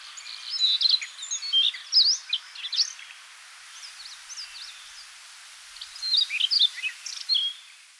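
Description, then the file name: Siberian rubythroat singing a varied, rapid warble of high twittering and scratchy notes in two bursts separated by a quieter pause. Recorded 24 June 2005 in Hokkaido, Japan. "nogoma 050624 hokkaidou kaji"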